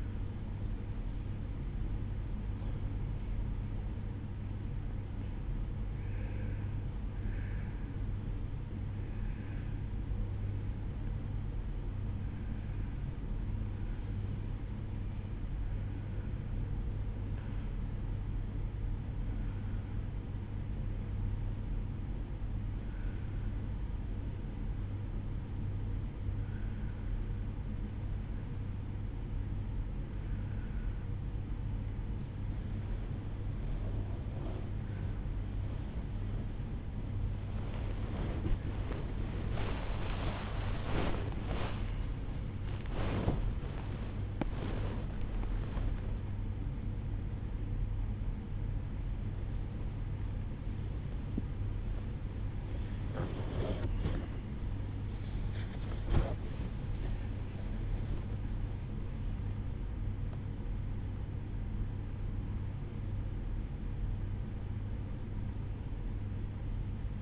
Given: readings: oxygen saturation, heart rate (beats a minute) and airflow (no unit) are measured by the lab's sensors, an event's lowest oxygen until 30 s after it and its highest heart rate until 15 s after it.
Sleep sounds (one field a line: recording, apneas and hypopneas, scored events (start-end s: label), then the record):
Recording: a person awake in a sleep study, by a smartphone at the bedside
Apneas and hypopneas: 1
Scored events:
16.00-36.90 s: hypopnea (N1, oxygen 95% highest, then 95% lowest, heart rate 69 at the start, 80 highest)
25.00-67.22 s: new sleep stage, awake
29.00-67.22 s: awake
From the record:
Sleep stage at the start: N1 (lightest sleep)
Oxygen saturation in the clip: 90 to 96%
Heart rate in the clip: 68 to 81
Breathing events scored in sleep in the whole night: 305 in 9.6 hours asleep